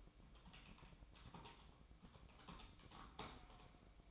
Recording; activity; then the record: daily activity, microphone in the room; typing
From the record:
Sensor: 1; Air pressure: 1007.6 hPa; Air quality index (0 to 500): 79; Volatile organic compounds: 1 ppm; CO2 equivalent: 685 ppm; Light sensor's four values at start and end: 12/29/12/13 and 12/29/12/13